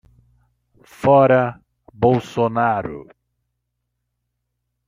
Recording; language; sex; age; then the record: short text; Brazilian Portuguese; male; 50 to 59 years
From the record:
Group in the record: control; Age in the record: 51 years